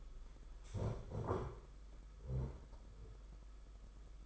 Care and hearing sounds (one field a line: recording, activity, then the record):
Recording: daily activity, microphone in the room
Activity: stand up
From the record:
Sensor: 5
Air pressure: 991.8 hPa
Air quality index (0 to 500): 140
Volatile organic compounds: 117 ppm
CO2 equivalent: 3857 ppm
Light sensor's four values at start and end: 32/108/40/43 and 32/108/40/42